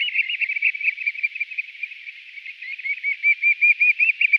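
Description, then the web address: Eurasian oystercatcher piping display, a rapid run of shrill, high piping notes that loosens into distinct, evenly spaced pips near the end. Eurasian oystercatcher performing its display. "Schulze Peter Eurasian Oystercatcher display"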